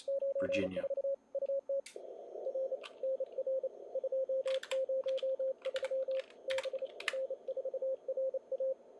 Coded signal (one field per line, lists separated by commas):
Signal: Morse code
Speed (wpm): 31 wpm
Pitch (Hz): 550 Hz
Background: speech, radio noise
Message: 94 UT R NR 203 B N4RA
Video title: NG7M 2020 ARRL Sweepstakes CW Live Operating (Saturday Evening after the start)